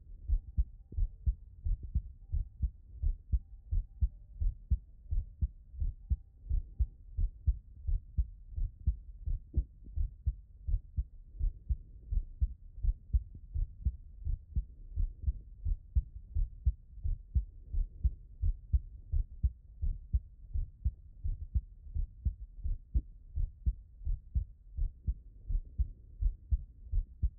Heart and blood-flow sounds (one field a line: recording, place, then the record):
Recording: heart sounds by stethoscope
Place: tricuspid valve (TV)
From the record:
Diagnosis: non-HFrEF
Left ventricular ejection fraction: 68%